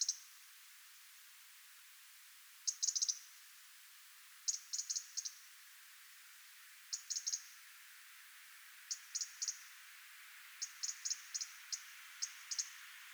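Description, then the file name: European robin uttering short clusters of a few crisp high ticks, repeated irregularly through the whole stretch, with soft background hiss. "Erithacus rubecula"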